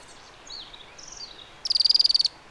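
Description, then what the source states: Thorn-tailed rayadito calling with one rapid, high rattling trill of a dozen even notes, preceded by faint, thin whistled notes from other birds. Recorded in Patagonia.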